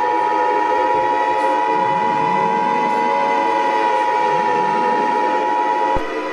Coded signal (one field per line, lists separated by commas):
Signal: Emergency Alert System (SAME) tones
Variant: 853 and 960 Hz attention tone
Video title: EAS: Austin Tornado Warning